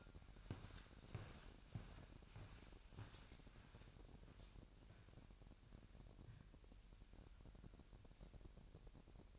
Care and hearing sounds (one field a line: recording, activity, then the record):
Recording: daily activity, microphone in the room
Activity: walk to room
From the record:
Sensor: 2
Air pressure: 1012.1 hPa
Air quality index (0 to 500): 144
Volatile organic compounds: 2 ppm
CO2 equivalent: 1049 ppm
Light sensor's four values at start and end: 80/194/79/79 and 88/210/87/86